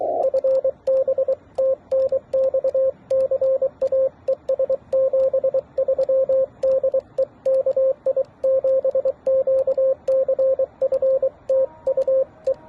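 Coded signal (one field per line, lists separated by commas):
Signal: Morse code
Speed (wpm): 23 wpm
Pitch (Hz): 530 Hz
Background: radio noise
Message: FB TNX CA ES 73 DE KI7QCF TU E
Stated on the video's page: Morse code contacts during a Parks On The Air activation at a national historic park.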